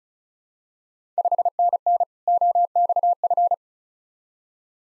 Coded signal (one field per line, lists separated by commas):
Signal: Morse code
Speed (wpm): 36 wpm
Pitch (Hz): 700 Hz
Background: none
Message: 5NN OXF